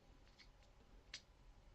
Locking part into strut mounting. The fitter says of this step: we are pulling down sticking that in and it locks in place